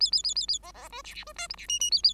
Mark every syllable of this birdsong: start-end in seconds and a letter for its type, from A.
0.00-0.11 A, 0.12-0.23 A, 0.23-0.34 A, 0.35-0.46 A, 0.48-0.59 A, 0.62-0.72 B, 0.74-0.89 B, 0.90-1.02 C, 1.04-1.14 D, 1.14-1.24 D, 1.26-1.33 C, 1.36-1.47 E, 1.49-1.55 F, 1.57-1.67 D, 1.68-1.79 G, 1.80-1.90 G, 1.91-2.02 A, 2.03-2.13 A